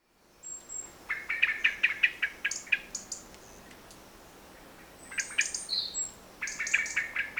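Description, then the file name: Common blackbird uttering two fast runs of metallic clicking chinks, one early and one at the end, with thin high whistles and a short squeaky note. "Turdus merula"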